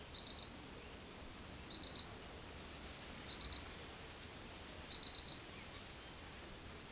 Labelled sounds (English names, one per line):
none